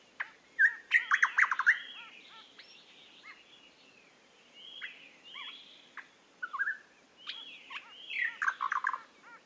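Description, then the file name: Eastern nicator song: loud bursts of liquid whistles and chuckling notes, with quieter pauses between and a second busy phrase near the end. "British Library - Eastern Nicator Nicator gularis"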